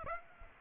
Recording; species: mosquito wingbeat signal from an infrared sensor; Aedes aegypti